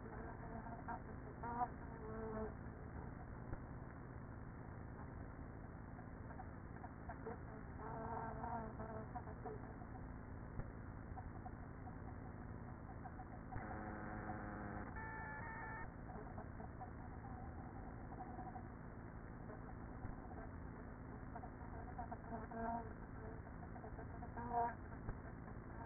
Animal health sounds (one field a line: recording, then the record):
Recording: honeybee colony, microphone inside the hive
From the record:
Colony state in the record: queenless with a low population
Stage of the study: after two queens were removed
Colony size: about 30,000 bees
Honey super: no